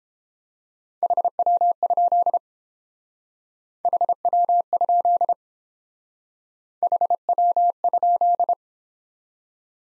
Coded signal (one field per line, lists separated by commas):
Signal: Morse code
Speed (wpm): 31 wpm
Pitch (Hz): 700 Hz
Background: none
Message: HW? HW? HW?